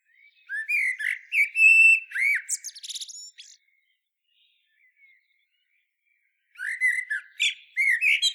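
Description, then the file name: Common blackbird song: a long rich warble of whistled notes and high scratchy twitters, a pause of about three seconds, then another fluty phrase begins. "Turdus merula"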